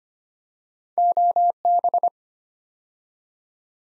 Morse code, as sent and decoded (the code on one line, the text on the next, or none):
--- -...
OB